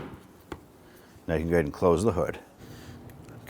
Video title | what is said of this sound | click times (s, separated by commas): How to Replace Front Brake Calipers 2011-2023 Dodge Charger | it'll pop in and you can lower this down and snap this cover down | 0.5 s